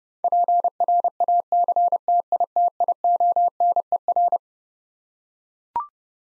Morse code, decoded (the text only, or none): PRACTITIONER